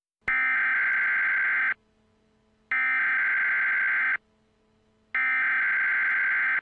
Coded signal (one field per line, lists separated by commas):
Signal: Emergency Alert System (SAME) tones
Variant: header bursts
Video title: The Void - An EAS Short Scenario